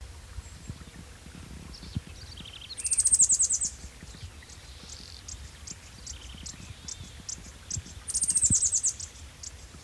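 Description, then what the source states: Rusty Flowerpiercer calling twice, each a shrill, rapid descending trill about a second long, separated by four seconds of faint high ticking and soft twitters. Subspecies sittoides.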